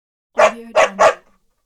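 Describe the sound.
Dog barking three times in quick succession, short sharp barks, then silence.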